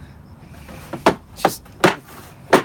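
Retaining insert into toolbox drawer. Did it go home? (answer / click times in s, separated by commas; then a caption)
yes / 1.8 s. A loose retaining insert that had fallen out of a toolbox drawer is pushed back into its holder. Several sharp snaps ring out, and the loudest pop at 1.8 s is the insert seating into place, where it stays in well.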